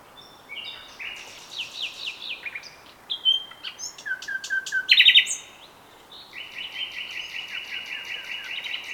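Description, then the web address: Common nightingale song with slurred whistles, sharp chips, a rapid loud burst, then a long buzzy trill of fast repeated notes over background hiss. "SETE Luscinia megarhynchos"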